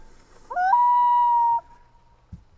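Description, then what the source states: Loon giving a single drawn-out tonal call that rises briefly at the start, then holds steady for about a second before fading. Played in a radio bird quiz; often heard late in the evening on lakes, especially in the north; loons dive up to 200 feet to catch fish.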